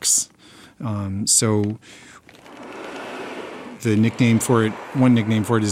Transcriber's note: soundbite of accordion whooshing